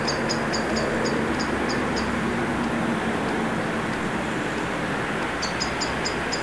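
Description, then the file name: Common blackbird giving rapid high chinking notes in two brief runs, about four per second, above a heavy continuous low roar like passing vehicles. "Turdus merula"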